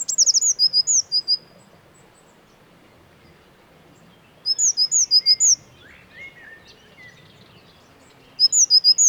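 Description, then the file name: Eurasian blue tit repeating quick bursts of sharp, high, thin notes three times, with a few lower slurred chirps between the second and third bursts. "Cyanistes caeruleus"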